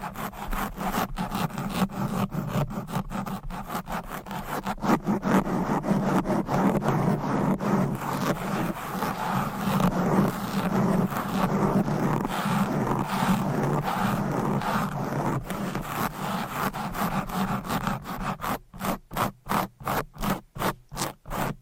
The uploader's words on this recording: ASMR Fast and Aggressive Mic Scratching. No Talking.